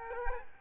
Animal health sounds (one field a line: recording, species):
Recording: mosquito wingbeat signal from an infrared sensor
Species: Culex quinquefasciatus